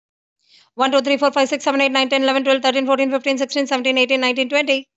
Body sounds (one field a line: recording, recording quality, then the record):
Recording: counting at a fast pace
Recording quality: excellent, no background noise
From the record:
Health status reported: healthy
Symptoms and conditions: none ticked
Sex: female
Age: 40 years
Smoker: not ticked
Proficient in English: yes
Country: India